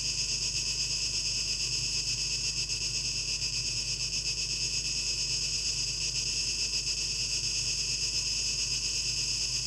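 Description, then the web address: Cicada chorus, a continuous shrill hiss-like drone that holds even in loudness throughout, over a faint low hum. Recorded 12 August 2023, heard as a tape echo mix. "rauschpartikel Audio 2023-08-12 Zikaden"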